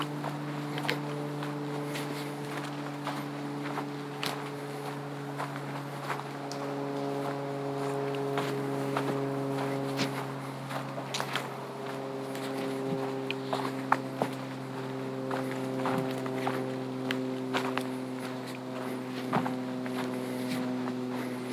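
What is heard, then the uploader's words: Boots scuff and crunch over gravel in an uneven stream of short, sharp steps and clicks that runs the whole way through, with a few louder crunches near the middle. Underneath, a steady low droning hum holds several unchanging tones. A Walk in the Woods.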